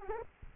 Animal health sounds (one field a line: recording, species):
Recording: mosquito wingbeat signal from an infrared sensor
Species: Aedes aegypti